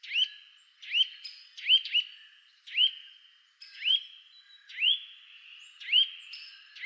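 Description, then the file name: Eurasian nuthatch giving loud upslurred notes, singly or in pairs, at irregular intervals of about a second, over a faint continuous high hum. "Sitta europaea"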